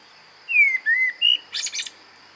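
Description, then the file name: Common blackbird song: three clear, slurred whistles followed by two brief hissing squeaky notes. A faint steady high tone runs underneath. "Turdus merula"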